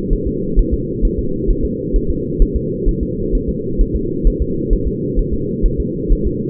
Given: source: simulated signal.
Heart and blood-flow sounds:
fetal heart sounds
0.13 s: S1
0.27 s: S2
0.59 s: S1
0.74 s: S2
1.05 s: S1
1.19 s: S2
1.50 s: S1
1.65 s: S2
1.96 s: S1
2.10 s: S2
2.42 s: S1
2.56 s: S2
2.89 s: S1
3.03 s: S2
3.35 s: S1
3.49 s: S2
3.81 s: S1
3.96 s: S2
4.27 s: S1
4.42 s: S2
4.73 s: S1
4.88 s: S2
5.19 s: S1
5.34 s: S2
5.66 s: S1
5.80 s: S2
6.12 s: S1
6.27 s: S2
From the record:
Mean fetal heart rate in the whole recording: 130 bpm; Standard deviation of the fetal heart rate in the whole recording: 4 bpm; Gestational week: 38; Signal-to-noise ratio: -6.6 dB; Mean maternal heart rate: 72 bpm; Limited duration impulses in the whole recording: present

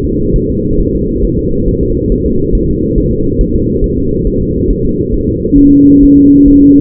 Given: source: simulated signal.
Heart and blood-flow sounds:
fetal heart sounds
0.05 s: S2
0.36 s: S1
0.50 s: S2
0.80 s: S1
0.95 s: S2
1.25 s: S1
1.39 s: S2
1.68 s: S1
1.83 s: S2
2.12 s: S1
2.26 s: S2
2.55 s: S1
2.70 s: S2
2.98 s: S1
3.12 s: S2
3.41 s: S1
3.55 s: S2
3.84 s: S1
3.98 s: S2
4.27 s: S1
4.41 s: S2
4.70 s: S1
4.85 s: S2
5.14 s: S1
5.29 s: S2
5.58 s: S1
5.73 s: S2
6.03 s: S1
6.17 s: S2
6.48 s: S1
6.63 s: S2
From the record:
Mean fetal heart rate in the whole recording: 135 bpm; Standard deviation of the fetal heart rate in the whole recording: 3 bpm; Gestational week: 36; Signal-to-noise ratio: -15.3 dB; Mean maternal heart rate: 72 bpm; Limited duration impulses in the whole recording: present

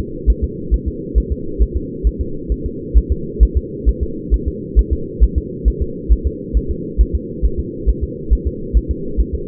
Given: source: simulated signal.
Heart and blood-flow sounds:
fetal heart sounds
0.30 s: S1
0.44 s: S2
0.74 s: S1
0.88 s: S2
1.18 s: S1
1.32 s: S2
1.62 s: S1
1.77 s: S2
2.07 s: S1
2.21 s: S2
2.52 s: S1
2.66 s: S2
2.98 s: S1
3.12 s: S2
3.43 s: S1
3.57 s: S2
3.89 s: S1
4.03 s: S2
4.34 s: S1
4.48 s: S2
4.79 s: S1
4.93 s: S2
5.23 s: S1
5.38 s: S2
5.68 s: S1
5.82 s: S2
6.12 s: S1
6.27 s: S2
6.57 s: S1
6.71 s: S2
7.01 s: S1
7.15 s: S2
7.45 s: S1
7.60 s: S2
7.89 s: S1
8.04 s: S2
8.33 s: S1
8.47 s: S2
8.77 s: S1
8.91 s: S2
9.20 s: S1
9.35 s: S2
From the record:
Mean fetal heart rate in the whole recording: 135 bpm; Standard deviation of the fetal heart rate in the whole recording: 3 bpm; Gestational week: 34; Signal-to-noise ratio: -4.3 dB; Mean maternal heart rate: 72 bpm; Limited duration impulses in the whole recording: absent

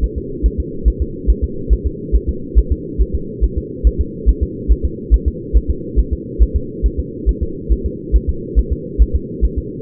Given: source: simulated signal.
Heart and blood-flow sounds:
fetal heart sounds
0.04 s: S1
0.18 s: S2
0.46 s: S1
0.60 s: S2
0.88 s: S1
1.02 s: S2
1.30 s: S1
1.44 s: S2
1.73 s: S1
1.86 s: S2
2.15 s: S1
2.29 s: S2
2.58 s: S1
2.72 s: S2
3.01 s: S1
3.15 s: S2
3.44 s: S1
3.58 s: S2
3.87 s: S1
4.01 s: S2
4.29 s: S1
4.43 s: S2
4.71 s: S1
4.85 s: S2
5.14 s: S1
5.28 s: S2
5.57 s: S1
5.70 s: S2
5.99 s: S1
6.13 s: S2
6.42 s: S1
6.56 s: S2
6.86 s: S1
7.00 s: S2
7.29 s: S1
7.43 s: S2
7.72 s: S1
7.86 s: S2
8.16 s: S1
8.29 s: S2
8.59 s: S1
8.73 s: S2
9.02 s: S1
9.15 s: S2
9.45 s: S1
9.58 s: S2
From the record:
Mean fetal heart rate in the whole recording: 140 bpm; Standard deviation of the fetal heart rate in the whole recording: 2 bpm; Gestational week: 34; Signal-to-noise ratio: -4.3 dB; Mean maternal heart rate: 72 bpm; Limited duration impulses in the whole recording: present

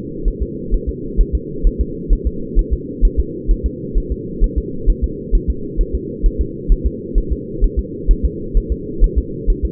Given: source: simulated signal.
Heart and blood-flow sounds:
fetal heart sounds
0.28 s: S1
0.42 s: S2
0.74 s: S1
0.89 s: S2
1.20 s: S1
1.35 s: S2
1.67 s: S1
1.81 s: S2
2.13 s: S1
2.27 s: S2
2.59 s: S1
2.73 s: S2
3.05 s: S1
3.19 s: S2
3.51 s: S1
3.66 s: S2
3.97 s: S1
4.12 s: S2
4.44 s: S1
4.58 s: S2
4.90 s: S1
5.04 s: S2
5.35 s: S1
5.50 s: S2
5.81 s: S1
5.95 s: S2
6.26 s: S1
6.41 s: S2
6.72 s: S1
6.86 s: S2
7.18 s: S1
7.32 s: S2
7.64 s: S1
7.79 s: S2
8.11 s: S1
8.25 s: S2
8.57 s: S1
8.72 s: S2
9.04 s: S1
9.18 s: S2
9.50 s: S1
9.65 s: S2
From the record:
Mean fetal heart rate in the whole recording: 130 bpm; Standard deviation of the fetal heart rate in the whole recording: 2 bpm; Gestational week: 38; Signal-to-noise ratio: -4.3 dB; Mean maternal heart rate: 72 bpm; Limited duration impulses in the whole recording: absent

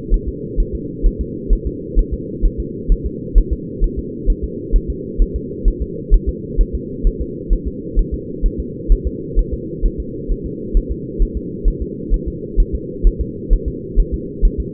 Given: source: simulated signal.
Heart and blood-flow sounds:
fetal heart sounds
0.14 s: S1
0.28 s: S2
0.60 s: S1
0.75 s: S2
1.06 s: S1
1.21 s: S2
1.53 s: S1
1.67 s: S2
1.99 s: S1
2.14 s: S2
2.45 s: S1
2.60 s: S2
2.92 s: S1
3.06 s: S2
3.38 s: S1
3.53 s: S2
3.84 s: S1
3.99 s: S2
4.30 s: S1
4.44 s: S2
4.76 s: S1
4.90 s: S2
5.22 s: S1
5.36 s: S2
5.68 s: S1
5.82 s: S2
6.14 s: S1
6.29 s: S2
6.61 s: S1
6.75 s: S2
7.07 s: S1
7.22 s: S2
7.53 s: S1
7.68 s: S2
7.99 s: S1
8.14 s: S2
8.46 s: S1
8.60 s: S2
8.92 s: S1
9.07 s: S2
9.39 s: S1
9.53 s: S2
9.86 s: S1
10.00 s: S2
10.31 s: S1
10.46 s: S2
10.77 s: S1
10.92 s: S2
11.22 s: S1
11.37 s: S2
11.68 s: S1
11.82 s: S2
12.14 s: S1
12.28 s: S2
12.60 s: S1
12.75 s: S2
13.07 s: S1
13.21 s: S2
13.53 s: S1
13.68 s: S2
14.00 s: S1
14.14 s: S2
14.45 s: S1
14.60 s: S2
From the record:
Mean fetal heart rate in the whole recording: 130 bpm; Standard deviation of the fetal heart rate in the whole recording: 2 bpm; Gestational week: 38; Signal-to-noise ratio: -4.1 dB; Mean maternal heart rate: no maternal heart sound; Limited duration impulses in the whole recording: absent

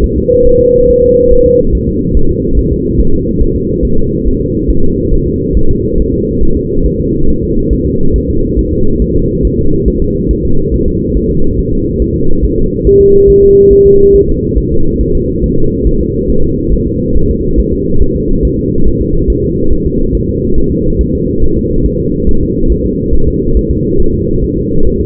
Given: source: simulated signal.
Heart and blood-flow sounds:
fetal heart sounds
0.04 s: S1
0.18 s: S2
0.47 s: S1
0.61 s: S2
0.90 s: S1
1.04 s: S2
1.32 s: S1
1.46 s: S2
1.75 s: S1
1.89 s: S2
2.17 s: S1
2.31 s: S2
2.59 s: S1
2.73 s: S2
3.00 s: S1
3.14 s: S2
3.42 s: S1
3.56 s: S2
3.85 s: S1
3.99 s: S2
4.27 s: S1
4.41 s: S2
4.70 s: S1
4.84 s: S2
5.14 s: S1
5.27 s: S2
5.57 s: S1
5.71 s: S2
6.00 s: S1
6.14 s: S2
6.43 s: S1
6.57 s: S2
6.86 s: S1
7.00 s: S2
7.30 s: S1
7.44 s: S2
7.73 s: S1
7.87 s: S2
8.16 s: S1
8.30 s: S2
8.59 s: S1
8.73 s: S2
9.02 s: S1
9.16 s: S2
9.45 s: S1
9.59 s: S2
9.88 s: S1
10.02 s: S2
10.31 s: S1
10.45 s: S2
10.74 s: S1
10.88 s: S2
11.17 s: S1
11.31 s: S2
11.59 s: S1
11.73 s: S2
12.02 s: S1
12.16 s: S2
12.44 s: S1
12.58 s: S2
12.87 s: S1
13.01 s: S2
13.30 s: S1
13.44 s: S2
13.73 s: S1
13.87 s: S2
14.16 s: S1
14.29 s: S2
14.58 s: S1
14.72 s: S2
15.01 s: S1
15.15 s: S2
15.44 s: S1
15.58 s: S2
15.87 s: S1
16.01 s: S2
16.30 s: S1
16.44 s: S2
16.73 s: S1
16.87 s: S2
17.17 s: S1
17.30 s: S2
17.59 s: S1
17.73 s: S2
18.02 s: S1
18.16 s: S2
18.45 s: S1
18.59 s: S2
18.88 s: S1
19.02 s: S2
19.30 s: S1
19.44 s: S2
19.72 s: S1
19.86 s: S2
20.15 s: S1
20.29 s: S2
20.58 s: S1
20.72 s: S2
21.01 s: S1
21.15 s: S2
21.44 s: S1
21.58 s: S2
21.86 s: S1
22.00 s: S2
22.29 s: S1
22.43 s: S2
22.72 s: S1
22.86 s: S2
23.14 s: S1
23.28 s: S2
23.57 s: S1
23.71 s: S2
24.00 s: S1
24.14 s: S2
24.44 s: S1
24.58 s: S2
24.87 s: S1
25.01 s: S2
From the record:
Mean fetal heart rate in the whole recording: 140 bpm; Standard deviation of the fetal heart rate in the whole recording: 2 bpm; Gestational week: 34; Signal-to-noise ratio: -19.1 dB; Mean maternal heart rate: 72 bpm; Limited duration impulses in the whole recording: present

